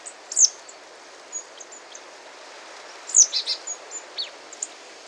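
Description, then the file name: Marsh tit calls: a sharp high note and a few faint notes, then another sharp note leading into a brief string of lower notes; background hiss. "Poecile palustris"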